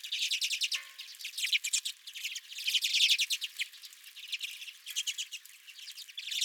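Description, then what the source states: Redpolls chattering, rapid overlapping chips in rhythmic bursts, with a busy twitter of several birds throughout. Several redpolls at the recordist's feeder.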